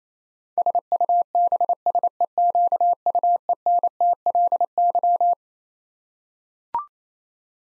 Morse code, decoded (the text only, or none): SUBSEQUENTLY